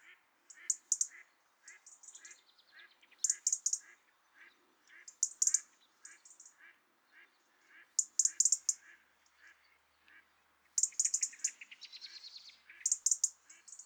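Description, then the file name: European robin calls: loud clusters of hard, high ticks, repeated every few seconds over a steady rhythm of lower, hoarse notes. "Erithacus rubecula"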